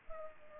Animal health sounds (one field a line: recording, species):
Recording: mosquito wingbeat signal from an infrared sensor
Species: Culex pipiens